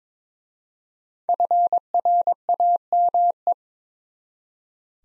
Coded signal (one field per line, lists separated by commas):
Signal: Morse code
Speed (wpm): 22 wpm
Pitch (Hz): 700 Hz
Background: none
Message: FRAME